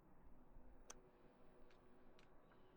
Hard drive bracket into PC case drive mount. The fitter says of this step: put on on on your hard drive side. Just click on it. When you can hear click.